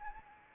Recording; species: mosquito wingbeat signal from an infrared sensor; Anopheles arabiensis